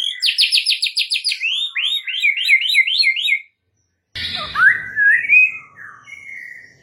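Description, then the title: White-rumped shama song: a fast repeated series of whistled notes, then a pause and a harsh note leading into slurred whistles. Master training song, full rolling and shooting song style. "Masteran Murai Batu Full Ngerol Nembak"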